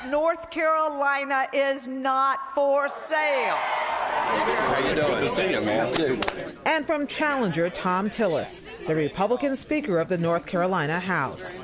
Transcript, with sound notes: North Carolina is not for sale.…
(CHEERING AND APPLAUSE) and from challenger Thom Tillis, the Republican speaker of the North Carolina House.